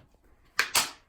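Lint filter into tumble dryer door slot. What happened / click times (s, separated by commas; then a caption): The plastic filter dropped into its slot and seated / 0.6 s, 0.8 s. After its lint was cleaned off by hand, the plastic lint filter of a Bosch tumble dryer is set back into its slot in the door opening, and it only fits one way because a wrongly fitted filter does not seat and stays up in the air. Two sharp knocks are heard at 0.6 s and 0.8 s, the second ringing out briefly. The filter is seated in place.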